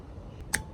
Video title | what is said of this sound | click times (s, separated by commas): It’s Junk! Don’t change the Echo 225 string head to 3 blade rotatory | snap it in place and there you have it | 0.6 s